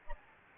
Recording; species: mosquito wingbeat signal from an infrared sensor; Anopheles gambiae